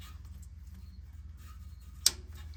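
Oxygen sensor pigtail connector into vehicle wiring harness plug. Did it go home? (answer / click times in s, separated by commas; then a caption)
yes / 2.1 s. On a 1996-2002 Toyota 4Runner, the replacement oxygen sensor's plastic wiring connector is pushed into the vehicle's wiring harness plug over a steady, pulsing low hum. A single sharp, loud click rings out at 2.1 s as the connector latches and is seated.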